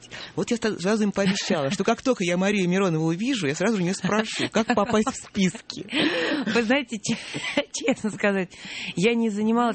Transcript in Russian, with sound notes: И вот я сразу им пообещала, что как только я Марию Миронову увижу, я сразу же у нее спрошу, как попасть в списки. (смеется)
Вы знаете, честно сказать, я не занималась…